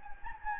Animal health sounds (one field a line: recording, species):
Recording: mosquito wingbeat signal from an infrared sensor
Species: Anopheles gambiae